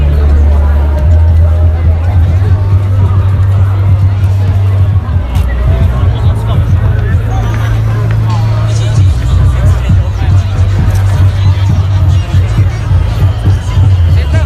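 A Halloween crowd at Shibuya fills the air with a dense, steady babble of many overlapping voices, no single speaker standing out. A heavy low rumble runs underneath throughout, shifting in pitch around five and nine seconds, like passing traffic or engine noise.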